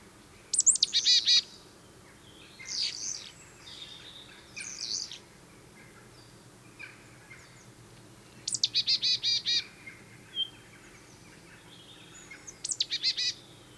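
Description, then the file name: Marsh tit calls: three short bursts of rapid, buzzy notes, with softer calls between. "Poecile palustris"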